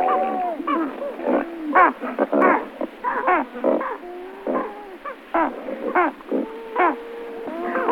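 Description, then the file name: Great white pelican calls, a busy chorus of short harmonic grunts and drawn-out nasal moans overlapping throughout, some notes bending upward then dropping. "Rozovyj pelikan Pelecanus onocrotalus"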